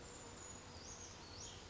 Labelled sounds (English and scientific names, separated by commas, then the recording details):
Brown Creeper (Certhia americana)
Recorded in Sonoma County, California